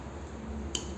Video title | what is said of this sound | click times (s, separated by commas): 🧰 bonkyo ratchet telescopic - tool sok murah berkualitas kuat | Ya, sudah klik ya. | 0.8 s